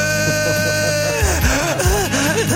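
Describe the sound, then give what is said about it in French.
A voice wheezes out loud, breathless gasps that swoop up and down in pitch like a donkey's bray over a steady droning tone for a couple of seconds; a lifelong smoker out of breath from climbing steps. “Je monte de marché, je suis essoufflé.”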